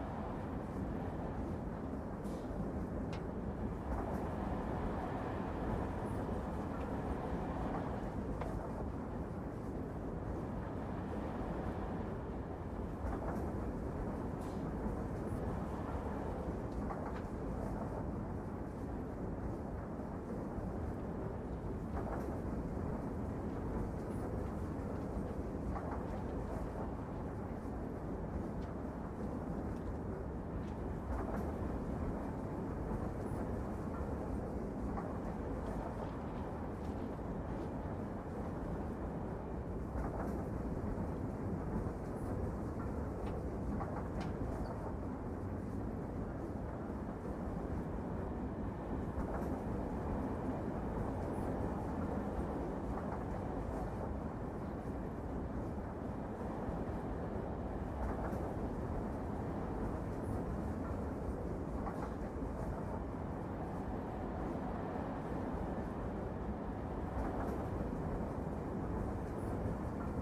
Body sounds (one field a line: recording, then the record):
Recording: background sound without coughing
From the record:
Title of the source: Train Ride Ambience ambient white noise for sleeping, focus, studying, reading